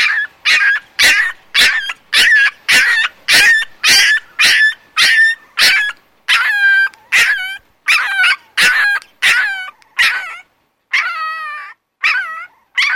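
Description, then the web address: Dog giving rapid, high-pitched yips in a steady run, about two a second, shifting later into longer wavering whines with short pauses. "Canine -Canine"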